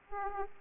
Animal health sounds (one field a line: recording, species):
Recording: mosquito wingbeat signal from an infrared sensor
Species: Aedes aegypti